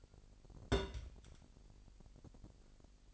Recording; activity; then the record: daily activity, microphone in the room; place on stove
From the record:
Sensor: 5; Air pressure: 1002.1 hPa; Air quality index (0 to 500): 259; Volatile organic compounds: 11 ppm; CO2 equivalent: 2317 ppm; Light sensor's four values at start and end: 20/44/19/22 and 20/44/19/22